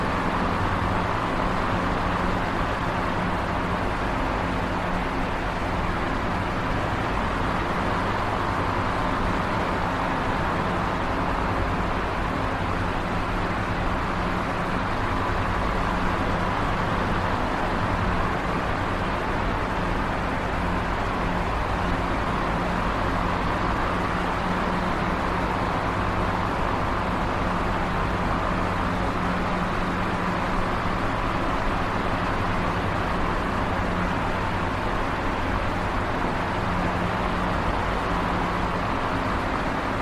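Inside a space shuttle, a steady, dense machine hum with low droning tones holds at an even loudness for the whole clip.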